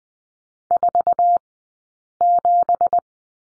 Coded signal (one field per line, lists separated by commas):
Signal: Morse code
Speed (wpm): 20 wpm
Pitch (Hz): 700 Hz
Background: none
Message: 47